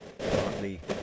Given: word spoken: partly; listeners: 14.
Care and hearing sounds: one English word in noise, from a listening test; noise modulated by three-talker babble; -4.8 dB; 2 of 14; 9 of 14; 0.63 s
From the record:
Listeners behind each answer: 9, 2, 1, 1, 1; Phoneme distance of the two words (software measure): 20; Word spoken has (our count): 2 syllables, 5 phonemes, stress on syllable 1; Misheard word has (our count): 2 syllables, 5 phonemes, stress on syllable 1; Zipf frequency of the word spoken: 4.25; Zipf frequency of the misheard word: 4.63

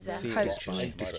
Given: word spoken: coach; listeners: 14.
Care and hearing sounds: one English word in noise, from a listening test; four-talker babble; -0.1 dB; 4 of 14; 6 of 14; 0.78 s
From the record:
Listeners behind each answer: 6, 4, 1, 1, 1, 1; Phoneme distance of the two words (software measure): 10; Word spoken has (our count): 1 syllable, 3 phonemes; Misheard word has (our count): 1 syllable, 3 phonemes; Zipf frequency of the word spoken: 4.51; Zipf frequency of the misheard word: 3.28

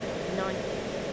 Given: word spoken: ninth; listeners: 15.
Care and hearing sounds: one English word in noise, from a listening test; speech-shaped noise; -4.0 dB; 1 of 15; 6 of 15; 0.73 s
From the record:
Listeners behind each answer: 6, 5, 1, 1, 1, 1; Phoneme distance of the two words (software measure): 17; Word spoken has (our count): 1 syllable, 4 phonemes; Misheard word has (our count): 1 syllable, 3 phonemes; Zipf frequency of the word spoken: 3.56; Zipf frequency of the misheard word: 5.65

